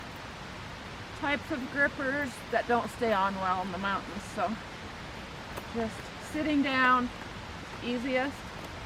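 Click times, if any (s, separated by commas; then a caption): none. Someone talks while sitting and getting ready to stretch the rubber harness of a Kahtoola MICROspikes chain-and-spike ice gripper over a hiking boot, with a steady broadband hiss underneath. The clip ends before the gripper goes on, so nothing has snapped into place or seated yet.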